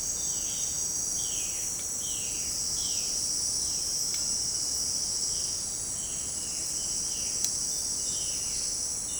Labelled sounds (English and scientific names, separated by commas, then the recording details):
Violaceous Jay (Cyanocorax violaceus)
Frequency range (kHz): Violaceous Jay (Cyanocorax violaceus) 0.9-4.7 kHz
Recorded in secondary vegetation near Puerto Asís, Putumayo, Colombia, on 12 March 2025 at 18:00
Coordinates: 0.485, -76.322
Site G040